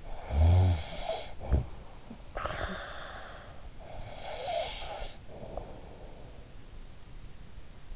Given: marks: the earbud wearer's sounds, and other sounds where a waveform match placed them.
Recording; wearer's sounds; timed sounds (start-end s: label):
sounds in sleep by an in-ear microphone; snoring breath, breath
0.00-1.94 s: snoring breath
1.94-3.60 s: breath
3.94-6.34 s: snoring breath